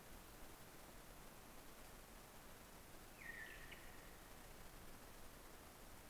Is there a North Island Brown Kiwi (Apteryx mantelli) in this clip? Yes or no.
no